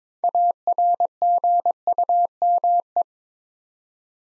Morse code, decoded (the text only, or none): ARGUME